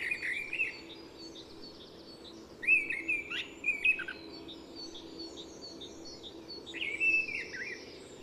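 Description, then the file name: Mistle thrush song of short fluty, slightly scratchy phrases delivered in bursts with pauses of a few seconds between them. "Misteldrossel"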